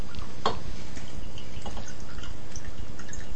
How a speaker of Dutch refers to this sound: Dit klinkt ook heel goed met deze microfoon. Dat thee schenken, dan komt dat water, hè? Dat klateren van dat water. Heerlijk.